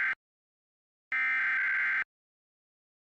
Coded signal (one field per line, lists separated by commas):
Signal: Emergency Alert System (SAME) tones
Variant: header bursts